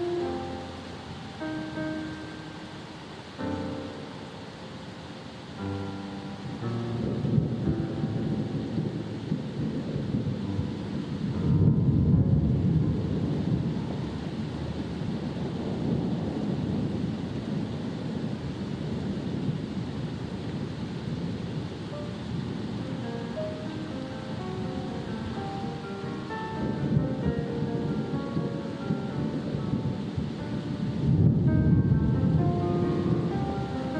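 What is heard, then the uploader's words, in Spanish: A storm at sea blends with relaxing music, whose soft held notes run steadily throughout. Beneath them, a dense, low rumble of thunder and surging water swells from about 8 to 17 seconds and again near 27 to 33 seconds, then eases back. Los sonidos tranquilos de una tormenta en el mar, acompañados de música relajante. La armoniosa mezcla de la tormenta y las olas.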